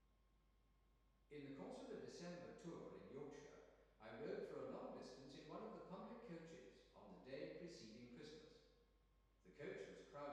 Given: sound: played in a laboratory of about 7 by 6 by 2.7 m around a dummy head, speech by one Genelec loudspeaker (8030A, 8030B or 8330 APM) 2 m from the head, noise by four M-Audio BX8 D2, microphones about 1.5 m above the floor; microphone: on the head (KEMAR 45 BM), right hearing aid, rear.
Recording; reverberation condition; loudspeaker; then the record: male speech in English; high; 30 degrees to the left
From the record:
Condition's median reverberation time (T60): about 1300 ms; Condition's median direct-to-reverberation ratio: about -4.0 dB